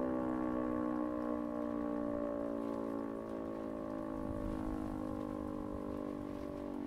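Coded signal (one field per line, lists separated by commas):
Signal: siren signal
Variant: E57 siren, Feueralarm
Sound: loud steady mechanical siren wail at full speed, rich in harmonics, continuous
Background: outdoor ambience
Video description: Die Aufnahme entstand beim monatlichen Probealarm der Feuerwehrsirenen in Rheinbach am 13. Februar 2021 um 11.30 Uhr mit dem Signal "Feueralarm".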